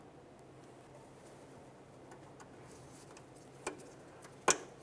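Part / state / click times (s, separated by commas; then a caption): ABS sensor connector into wiring harness socket / seated / 4.5 s. A plastic rear ABS wheel speed sensor electrical connector on a 2003-2007 Honda Accord is lined up with its locking tab facing down and pressed into its mating wiring harness socket. Over a quiet background with a few faint ticks and a sharper tick at 3.7 s, a crisp, loud click sounds at 4.5 s as the connector seats and locks in.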